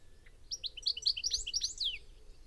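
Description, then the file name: European goldfinch giving a short liquid twitter, a quick run of bright, bouncing high notes lasting under two seconds. "Carduelis carduelis"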